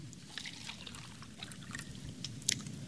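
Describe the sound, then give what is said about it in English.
Water pours steadily into a cup for about three seconds, a continuous splashing trickle with small bright spatters and a brief louder splash near the end. No voices. “Can I get you anything? Cup of water?”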